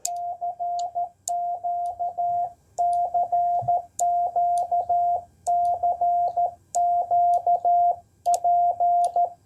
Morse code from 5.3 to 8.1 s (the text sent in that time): CQ